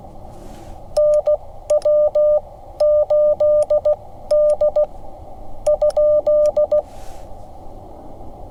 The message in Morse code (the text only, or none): NW8D ?